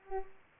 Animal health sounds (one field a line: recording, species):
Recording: mosquito wingbeat signal from an infrared sensor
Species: Culex pipiens